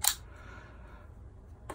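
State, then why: Released. A tab is pushed to release the battery pack on the back of a Spectrum DX8 8-channel DSMX Gen 2 radio control transmitter. A sharp click at 0.1 s is followed by quiet low hum and a brief softer sound near 1.7 s. The pack is released and pulled off.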